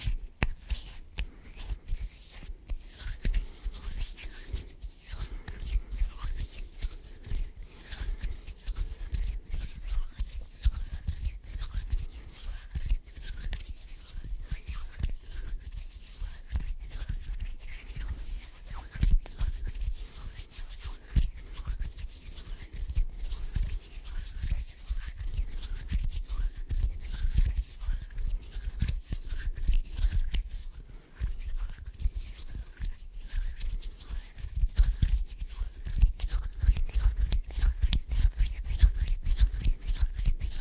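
Intense hand sounds: rubbing, brushing and scratching strokes follow one another in a dense, fast run with no real pauses. Each stroke is short and crisp, with a soft low thump underneath. The texture stays busy throughout, growing a little louder and heavier toward the end.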